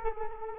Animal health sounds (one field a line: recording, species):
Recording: mosquito wingbeat signal from an infrared sensor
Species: Culex quinquefasciatus